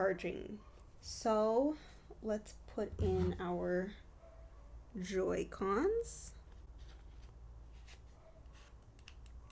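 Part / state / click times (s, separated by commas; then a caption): detachable game controller into handheld console side rail / not seated / none. Someone talks while getting ready to slide a Joy-Con detachable controller down the side rail of a Switch OLED handheld console. After the talking, only quiet handling remains, with a few faint soft ticks near 9.0, 9.1 and 9.3 seconds. Nothing has seated or clicked into place yet when the clip ends.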